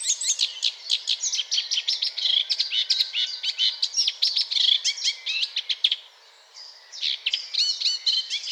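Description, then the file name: Eurasian blackcap pouring out a dense, rapid chattering warble of sharp high notes, pausing briefly near the end before resuming. "Sylvia atricapilla"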